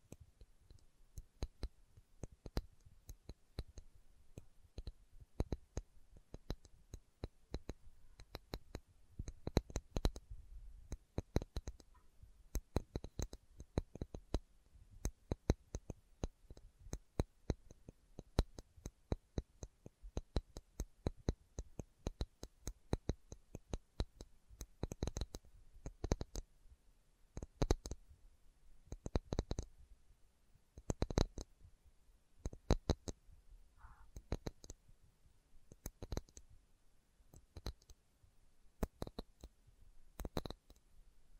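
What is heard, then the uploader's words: Slow ASMR tapping: sharp, dry taps land one by one, sometimes in quick pairs or small clusters, with short quiet gaps between them. The rhythm stays loose and unhurried across the whole stretch, and a faint hiss sits underneath. ASMR Slow Tapping for Deep Sleep (No Talking).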